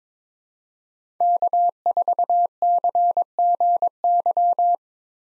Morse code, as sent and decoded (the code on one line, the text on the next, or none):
-.- ....- -.-. --. -.--
K4CGY